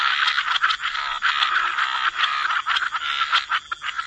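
Frog chorus of dense, overlapping raspy croaks forming a continuous pulsing wall of sound with brief dips between bursts.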